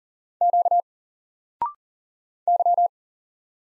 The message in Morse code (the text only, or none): Q Y